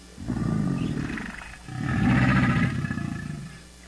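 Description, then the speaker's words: American alligator growling: two deep, throaty, vibrating rumbling bouts separated by a brief pause. "That said, gators definitely know how to growl."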